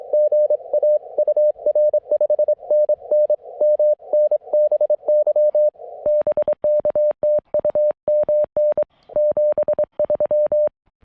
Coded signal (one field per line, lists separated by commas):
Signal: Morse code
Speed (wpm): 25 wpm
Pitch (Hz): 590 Hz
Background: none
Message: GA UR 5NN MN BY BK TU MN 73